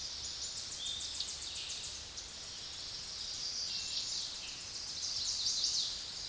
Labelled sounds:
Tennessee Warbler (Leiothlypis peregrina) song

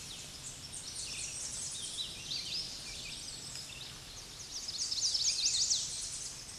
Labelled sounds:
Hooded Warbler (Setophaga citrina) song

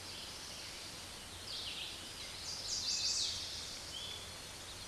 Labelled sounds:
Chestnut-sided Warbler (Setophaga pensylvanica) song

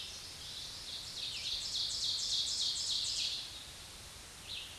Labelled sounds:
Ovenbird (Seiurus aurocapilla) song

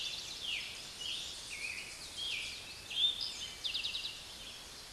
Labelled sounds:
Eastern Towhee (Pipilo erythrophthalmus) song

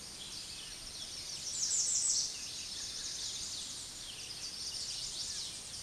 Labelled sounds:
Chestnut-sided Warbler (Setophaga pensylvanica) song

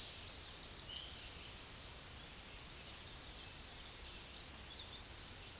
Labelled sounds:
Tennessee Warbler (Leiothlypis peregrina) song

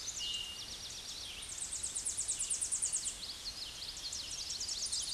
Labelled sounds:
Common Yellowthroat (Geothlypis trichas) song

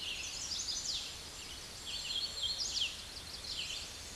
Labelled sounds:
Hooded Warbler (Setophaga citrina) song

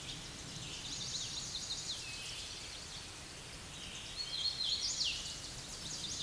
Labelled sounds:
Hooded Warbler (Setophaga citrina) song

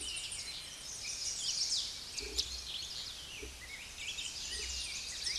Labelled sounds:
Chestnut-sided Warbler (Setophaga pensylvanica) song

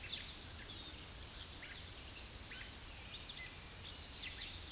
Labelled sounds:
American Redstart (Setophaga ruticilla) song

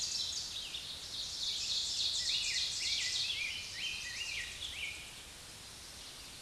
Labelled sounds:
Ovenbird (Seiurus aurocapilla) song

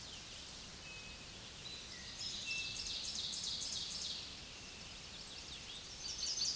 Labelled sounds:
Ovenbird (Seiurus aurocapilla) song

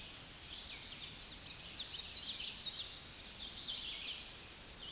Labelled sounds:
Common Yellowthroat (Geothlypis trichas) song

